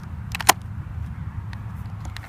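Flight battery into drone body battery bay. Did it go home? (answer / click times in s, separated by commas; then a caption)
yes / 0.4 s, 0.5 s. A flight battery pack for a DJI Phantom Vision 2 quadcopter drone is pushed into the drone body's battery bay until it latches and snaps into place. A sharp cluster of plastic clicks lands at 0.3, 0.4 and 0.5 seconds, the last the loudest, over a low steady background rumble. Fainter ticks follow around 1.5 and 2.2 seconds.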